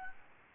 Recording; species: mosquito wingbeat signal from an infrared sensor; Aedes albopictus